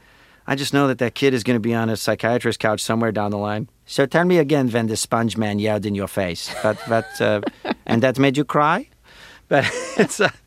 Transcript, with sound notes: But I just know that that kid is going to be on a psychiatrist couch somewhere down the line. (Impersonating accent) So tell me again when the sponge man yelled in your face.
(Laughter).
But - (impersonating accent) and that made you cry.
But